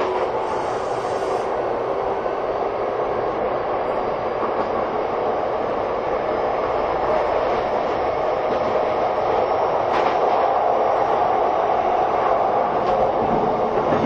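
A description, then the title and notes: A train runs steadily for the whole stretch, a dense, even rumble concentrated in the low and middle range with a faint rushing hiss above. The level stays nearly constant, with a few soft clicks or clunks around ten and thirteen seconds. 相鉄12000系 相鉄・埼京線特急・普通 01/01:海老名～新宿. 相鉄・埼京線直通＂特急・普通＂の列車走行音. Train running sound.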